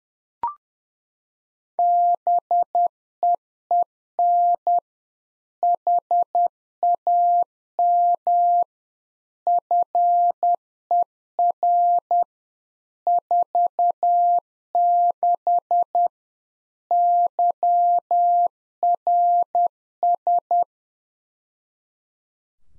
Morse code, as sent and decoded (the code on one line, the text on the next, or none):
-... . . -. / .... .- -- / ..-. . .-. / ....- -.... / -.-- .-. ...
BEEN HAM FER 46 YRS